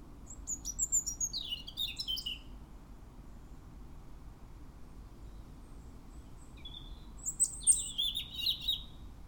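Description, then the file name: European robin singing two high, twittering phrases of rapid sliding notes, separated by a long quiet gap with low rumbling background. "Erithacus rubecula"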